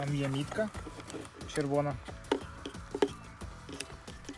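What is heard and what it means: A camera module is handled at its mount on a drone, with a red alignment mark, as someone talks over background music. Several short sharp handling ticks and knocks come at about 2.3, 2.7, 3.0, 3.8 and 4.3 seconds. Nothing has seated or clicked yet.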